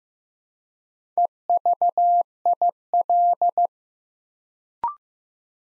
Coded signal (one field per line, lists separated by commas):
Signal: Morse code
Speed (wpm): 15 wpm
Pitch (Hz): 700 Hz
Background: none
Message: EVIL